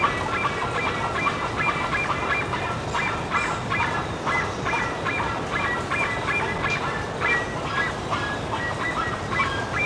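Bird calls: many short honking notes at a fast, uneven pace against constant background noise.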